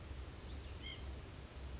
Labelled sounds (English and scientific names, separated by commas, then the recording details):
White-breasted Nuthatch (Sitta carolinensis)
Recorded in Sonoma County, California